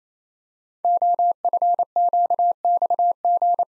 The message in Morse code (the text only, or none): OFQXG